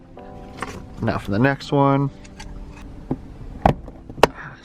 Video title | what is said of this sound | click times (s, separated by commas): Super EASY mods for the 370z you can do in under 10 minutes | snaps right into place | 4.2 s